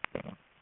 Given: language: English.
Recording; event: throat vibration sensor signal played as sound; swallow